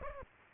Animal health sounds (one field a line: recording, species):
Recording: mosquito wingbeat signal from an infrared sensor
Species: Aedes aegypti